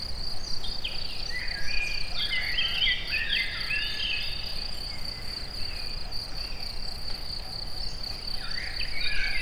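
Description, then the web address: Cricket giving a constant high pulsing trill, accompanied by bird warbles in the first half and near the end, over low background noise. Recorded in nature at a forest edge near the Eger tourist house, amid assorted sounds. "allathangok termeszetben tucsok mindenfeleazerdoszelen egerturistahaz"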